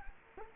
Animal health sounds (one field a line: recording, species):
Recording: mosquito wingbeat signal from an infrared sensor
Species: Culex quinquefasciatus